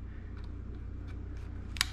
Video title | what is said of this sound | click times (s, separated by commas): HOLLEY Terminator X Max Install and setup LS | Again, snapped right in nice. | 1.8 s